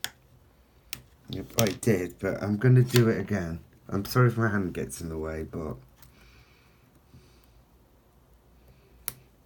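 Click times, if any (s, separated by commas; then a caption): 9.1 s. Someone talks while handling an iPhone 6 during a battery replacement, then presses the screen's flex cable connector back onto its logic board socket, redoing it. A sharp, loud click sounds at 9.1 s as the display connector seats firmly into the socket.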